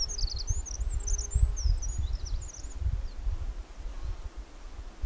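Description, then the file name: Eurasian wren producing a brisk burst of high, wavering, chattering notes over about three seconds, accompanied by continuous low wind-like rumble. "Troglodytes troglodytes"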